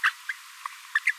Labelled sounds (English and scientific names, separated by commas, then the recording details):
Green-rumped Parrotlet (Forpus passerinus) babbling
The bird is a female
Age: 25 days
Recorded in a nest box in Venezuela
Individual 17B42A2